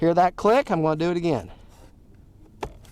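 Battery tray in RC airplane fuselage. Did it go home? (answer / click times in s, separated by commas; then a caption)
released / 2.6 s. Someone talks, then a plastic battery tray is slid over its plastic retaining nubs in the fuselage of an FMS Pitts 1400mm V2 RC biplane, giving one sharp click at 2.6 s. The tray clicks over the retaining nub and releases; the click gets weaker over time as the nubs wear.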